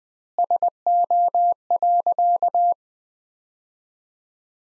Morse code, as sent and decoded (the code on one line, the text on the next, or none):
... --- .-.-.-
SO.